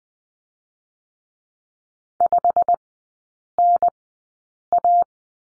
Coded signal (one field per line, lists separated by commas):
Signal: Morse code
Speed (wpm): 19 wpm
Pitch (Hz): 700 Hz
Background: none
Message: 5NA